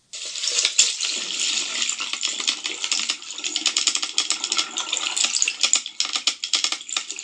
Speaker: And now, in contrast, this is going to be maybe a little bit muddied because it's underwater sounds, but this is a dolphin click and whistle.